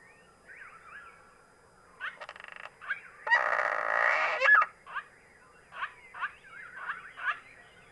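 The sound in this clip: Cliff swallow song: soft squeaky chirps, then a long grating, buzzy rasp lasting about a second, followed by a run of short, sharp squeaks.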